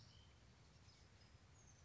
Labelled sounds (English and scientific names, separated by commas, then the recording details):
Oak Titmouse (Baeolophus inornatus)
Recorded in Sonoma County, California